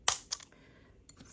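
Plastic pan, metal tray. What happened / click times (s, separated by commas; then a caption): A small plastic pan snapped into its metal holder / 0.1 s. A plastic watercolor half pan is pressed into a metal palette box and snaps into place with a sharp click at 0.1 s, seating it in the palette. Fainter clicks follow at about 0.3 and 0.4 s, then a small tap near 1.1 s before quiet rustling.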